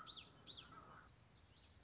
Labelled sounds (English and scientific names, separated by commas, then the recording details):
Common Yellowthroat (Geothlypis trichas)
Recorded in Sonoma County, California